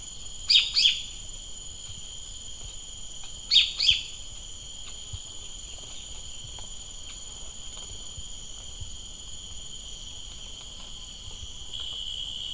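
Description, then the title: Bird song: two brief bursts of high chirping notes about three seconds apart, over a steady high insect-like drone throughout. "LuckyPassaro Completos2Sama"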